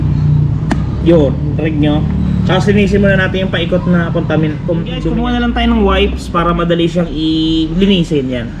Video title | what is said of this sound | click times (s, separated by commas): 2025 - HONDA CLICK 125 - ACTUAL RELEASING PROCESS - CASH AND INSTALLMENT PRICE UPDATE | lagtik naman yan pag yan ay nag-lock ng maganda yun | 0.7 s